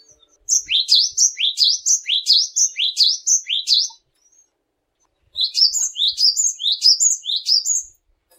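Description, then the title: Cinereous tit song of sharp, high notes repeated briskly, a gap of over a second, then a second run of similar ringing phrases. Cinereous tit in full song, described as gacor. "glatik batu gacor"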